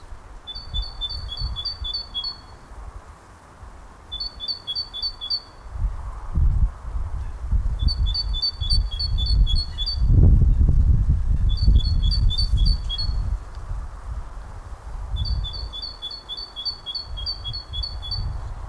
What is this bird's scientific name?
Parus major